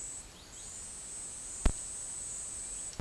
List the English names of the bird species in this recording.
none